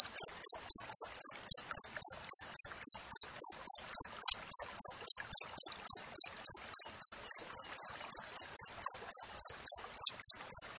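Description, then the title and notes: Cricket giving a continuous series of shrill, even chirps, about three to four per second, slightly softer for a moment near the end. Wild cricket chirping with close, tight spacing between chirps, used as training audio for songbirds and for repelling rats. "Masteran Jangkrik Alam Jernih, Jeda Rapat Cocok Untuk Masteran Burung Dan Mengusir Tikus. suara jangkrik"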